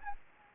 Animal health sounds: mosquito wingbeat signal from an infrared sensor; Anopheles gambiae

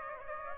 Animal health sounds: mosquito wingbeat signal from an infrared sensor; Aedes aegypti

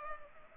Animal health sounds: mosquito wingbeat signal from an infrared sensor; Culex pipiens

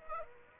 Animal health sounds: mosquito wingbeat signal from an infrared sensor; Aedes aegypti

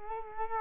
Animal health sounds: mosquito wingbeat signal from an infrared sensor; Culex quinquefasciatus

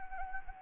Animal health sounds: mosquito wingbeat signal from an infrared sensor; Anopheles gambiae

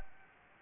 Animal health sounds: mosquito wingbeat signal from an infrared sensor; Anopheles gambiae

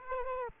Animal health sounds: mosquito wingbeat signal from an infrared sensor; Aedes aegypti

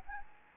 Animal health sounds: mosquito wingbeat signal from an infrared sensor; Aedes albopictus

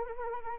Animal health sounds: mosquito wingbeat signal from an infrared sensor; Anopheles arabiensis

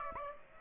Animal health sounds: mosquito wingbeat signal from an infrared sensor; Aedes aegypti

